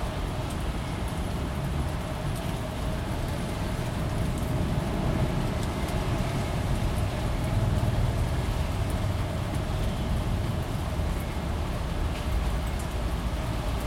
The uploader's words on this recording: City storm. Storm in the center of Athens, Greece. Recording from the window and balcony.